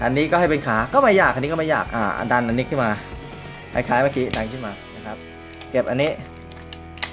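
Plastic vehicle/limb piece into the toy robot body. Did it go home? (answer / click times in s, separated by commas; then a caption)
yes / 7.0 s. A plastic vehicle piece is folded and pushed up into the body of a plastic DX Dekaranger Robo toy robot during its transformation, while someone talks over background music. Several small plastic handling clicks come near the end, and the piece locks into place with a sharp click at 7.0 s.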